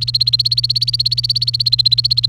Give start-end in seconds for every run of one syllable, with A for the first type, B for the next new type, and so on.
0.01-2.29 A